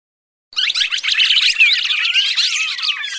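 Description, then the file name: Red-crested Cardinal fighting calls: a dense, continuous burst of shrill squeaky chirps and scratchy twitters that starts abruptly and keeps up without pause. Call given during fighting. "suara burung red crested cardinal tarung omkicau"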